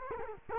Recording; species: mosquito wingbeat signal from an infrared sensor; Culex quinquefasciatus